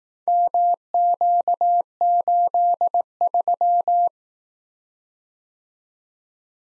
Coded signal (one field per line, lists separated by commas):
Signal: Morse code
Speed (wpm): 18 wpm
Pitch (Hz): 700 Hz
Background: none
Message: MQ83